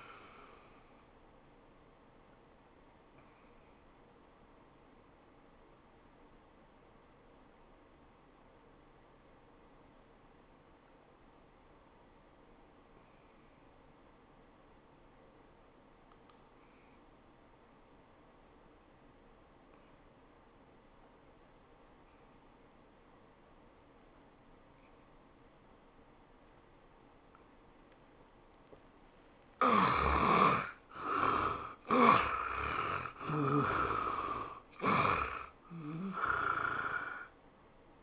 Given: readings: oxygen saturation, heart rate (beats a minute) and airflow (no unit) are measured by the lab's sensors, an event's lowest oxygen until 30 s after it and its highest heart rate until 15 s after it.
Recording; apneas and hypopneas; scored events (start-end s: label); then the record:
breathing in sleep by a voice recorder at the bedside; 1
9.00-38.03 s: new sleep stage, N2 (light sleep)
10.00-30.00 s: obstructive apnea (N2, oxygen 97% highest, then 72% lowest, heart rate 74 at the start, 100 highest)
From the record:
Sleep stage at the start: N1 (lightest sleep); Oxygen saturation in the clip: 78 to 97%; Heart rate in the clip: 74 to 100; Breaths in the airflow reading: 3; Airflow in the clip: -18.0 to 10.6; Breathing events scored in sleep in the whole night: 403 in 5.5 hours asleep